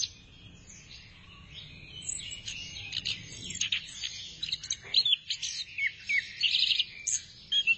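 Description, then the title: Thrush song of rapid, varied chirps and scratchy high notes, faint at first and then louder and choppier, over a steady low background hiss. "burung anis x"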